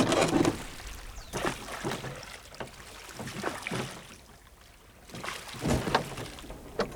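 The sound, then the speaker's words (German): Oars dip and pull through lake water as a rowboat is rowed across a lake, in a steady rowing rhythm, each stroke a splashy swish followed by dripping and gentle lapping, with a soft wash of wind underneath. “Aber Sophie entdeckte ein Ruderboot. Es war halb an Land gezogen. Im Boot lagen auch ein paar Ruder.”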